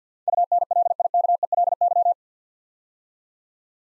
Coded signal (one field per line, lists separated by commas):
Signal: Morse code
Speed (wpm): 48 wpm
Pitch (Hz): 700 Hz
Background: none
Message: UNLIKELY